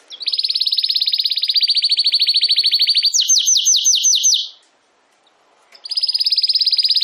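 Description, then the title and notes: Domestic canary singing a long, even rattling trill, then a run of separate sweeping notes, a pause, and the trill resuming. Belgian canary singing; recording labelled Campainha. "Canário Belga Campainha Canary Singing. Canario Belga Cantando"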